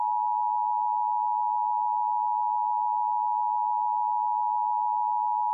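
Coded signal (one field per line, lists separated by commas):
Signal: Emergency Alert System (SAME) tones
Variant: 853 and 960 Hz attention tone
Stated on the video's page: Mock flash flood alert for Tillamook, using valid EAS tones.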